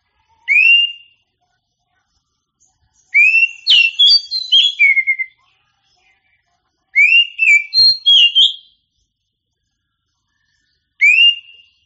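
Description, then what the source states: Oriental magpie-robin song: a lone rising whistle, then longer varied whistled phrases, and another lone upslurred note, with pauses between. Champion songbird.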